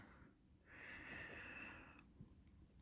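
A bar is handled and lined up while being worked toward its locking position in the sliding clutch assembly. Only faint sounds are heard: a steady, breathy hiss runs from about 0.7 to 2.0 s, followed by a couple of small, soft ticks. Nothing has locked or clicked into place yet.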